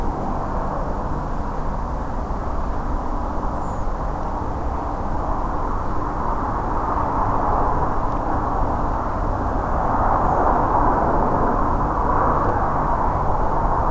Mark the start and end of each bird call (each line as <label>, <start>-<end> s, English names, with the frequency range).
Redwing (6.3-8.0 kHz), 3.54-3.84 s